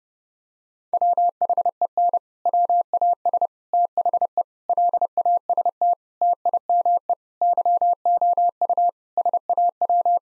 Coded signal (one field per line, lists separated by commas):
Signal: Morse code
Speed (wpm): 30 wpm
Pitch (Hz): 700 Hz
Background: none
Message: WHEN WAS THE LAST TIME YOU SAW